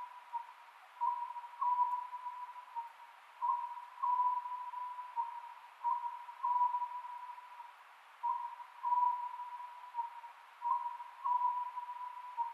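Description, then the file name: Oriental scops owl giving about five phrases of low whistled notes, repeated steadily every two and a half seconds. Recorded 27 May 2010 at 22:21. "konohazuku-20100527-2221"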